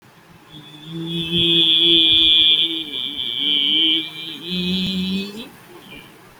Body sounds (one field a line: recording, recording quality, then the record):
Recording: sustained vowel as in beet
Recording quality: excellent, no background noise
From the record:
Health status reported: exposed to COVID-19, no respiratory illness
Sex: male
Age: 20 years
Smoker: no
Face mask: not worn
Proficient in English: yes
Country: India